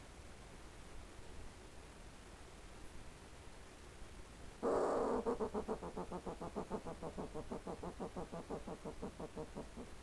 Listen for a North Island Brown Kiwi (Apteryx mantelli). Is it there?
no